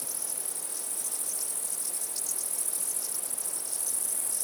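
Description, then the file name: Continuous high, shimmering cricket trill with faint pulsing chirps layered beneath, steady throughout. Crickets at night. "Night Sounds, Cricket Sounds, Sounds of Nature Zone"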